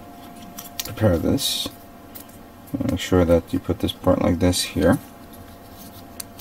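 A plastic part of a model kit is positioned against its weapon support frame while someone talks, with a few brief light plastic taps and handling sounds between the speech. Nothing has seated or clicked yet.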